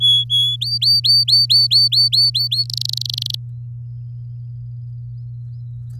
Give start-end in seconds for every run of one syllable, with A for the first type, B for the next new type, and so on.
0.00-0.56 A, 0.61-2.64 B, 2.65-3.35 C